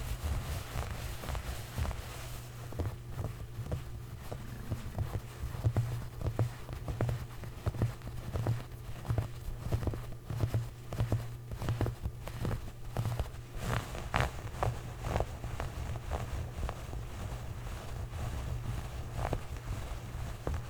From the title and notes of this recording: ASMR Clothes Scratching.